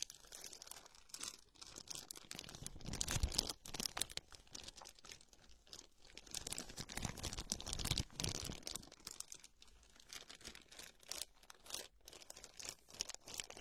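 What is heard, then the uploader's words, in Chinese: Everyday plastic objects are handled, giving dense, uneven crinkling and crackling with quick taps and rustles throughout. The loudest bursts of crumpling come around 3 to 4 seconds and again near 8 seconds, with quieter fiddling between. 日常用品（塑料制品）的触发音。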